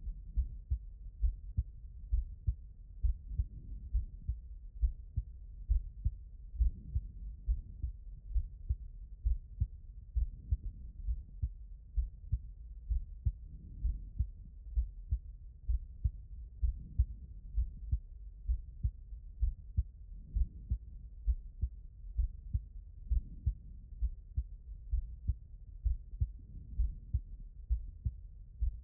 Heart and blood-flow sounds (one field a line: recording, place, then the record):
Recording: heart sounds by stethoscope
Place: mitral valve (MV)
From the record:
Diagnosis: non-HFrEF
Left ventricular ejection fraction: 71%